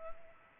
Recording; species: mosquito wingbeat signal from an infrared sensor; Culex pipiens